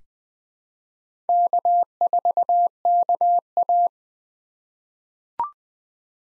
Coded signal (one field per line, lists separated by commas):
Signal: Morse code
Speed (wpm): 20 wpm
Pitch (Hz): 700 Hz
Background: none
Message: K4KA